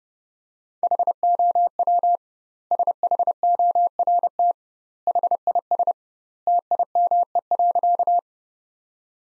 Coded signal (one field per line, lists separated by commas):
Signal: Morse code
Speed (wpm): 31 wpm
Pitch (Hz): 700 Hz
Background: none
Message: HOW SHORT HIS TIME.